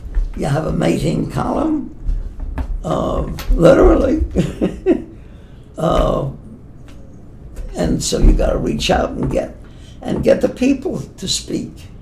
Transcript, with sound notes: You have a mating column, literally. [laughs] And so you got to reach out and get, and get the people to speak.